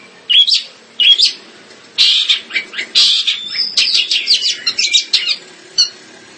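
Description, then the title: Long-tailed shrike song: harsh chattering bursts with brief pauses, then a quick series of sharp notes and a final single note. "Kicau Burung Pentet"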